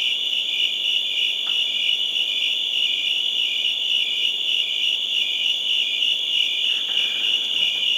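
Crickets chirping in a steady, unbroken high-pitched trill that holds at one even pitch throughout.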